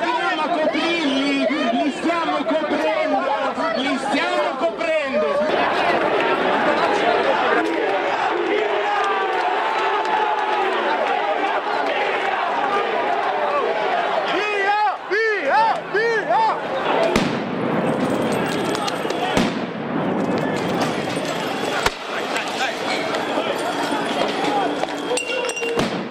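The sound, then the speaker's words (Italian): A loud, chaotic crowd of many voices shouts and yells continuously during street rioting in Rome on 15 October 2011, with sharp firecracker bangs and clinking bursts breaking through the roar. “Il 15 ottobre 2011, quasi un anno fa, quando Roma, abbiamo condensato il racconto, le testimonianze trovate in rete nel file che avete appena ascoltato, a Roma dicevamo si è vissuto un pomeriggio di vera e propria guerriglia urbana”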